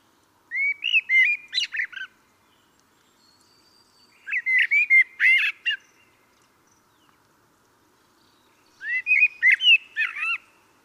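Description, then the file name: Common blackbird singing: three rich, fluty warbled phrases about four seconds apart, each finishing with a strained high-pitched chatter. "Turdus merula"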